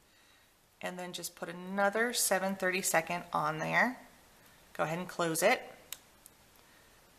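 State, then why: Seated. A seven-thirty-second metal jump ring on a chainmaille pendant, set with a 14 mm Swarovski rivoli, is closed with pliers while someone talks. A sharp snap at 5.9 s shows the two ends of the ring meeting, so it closes properly. A fainter tick follows at 6.3 s.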